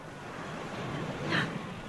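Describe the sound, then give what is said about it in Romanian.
Gentle lapping of sea waves, a soft, steady wash of water with one slightly brighter swell near the end, quiet and unbroken by any voices. “Se aude clipocitul valurilor.”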